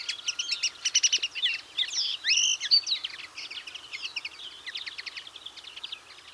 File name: Chloris chloris